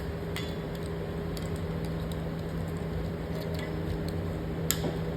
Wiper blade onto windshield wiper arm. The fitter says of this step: slide it on until you hear the snap,